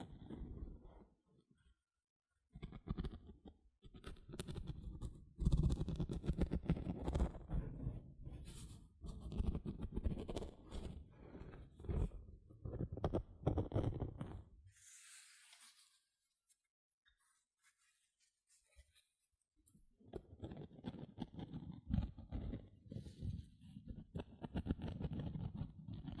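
Gentle scratching comes in dense, rapid bursts, mostly low and rough with some brighter edges. It runs for most of the first fifteen seconds, stops for a quiet stretch broken by a soft hiss around fifteen seconds, then resumes from about twenty seconds to the end.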